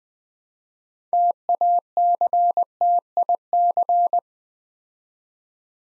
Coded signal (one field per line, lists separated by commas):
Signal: Morse code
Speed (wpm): 20 wpm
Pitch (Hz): 700 Hz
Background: none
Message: TACTIC